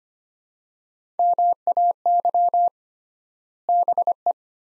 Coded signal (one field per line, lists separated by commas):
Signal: Morse code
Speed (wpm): 25 wpm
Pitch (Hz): 700 Hz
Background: none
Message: MAY BE